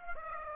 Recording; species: mosquito wingbeat signal from an infrared sensor; Aedes aegypti